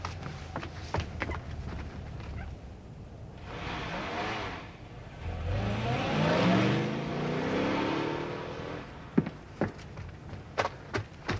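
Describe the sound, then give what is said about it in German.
An engine revs up and a car pulls away, its motor pitch climbing steadily as it accelerates for several seconds, followed by a few sharp clicks and knocks once the engine sound fades. “Fahren wir nach, Chef, bevor wir Sie ganz aus den Augen verlieren.”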